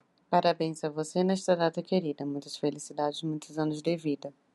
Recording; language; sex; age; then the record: short text; Brazilian Portuguese; female; 40 to 49 years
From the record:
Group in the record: control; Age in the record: 45 years